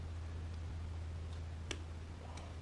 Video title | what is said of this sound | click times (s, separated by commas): Chain fitting | There's half a click. | 1.7 s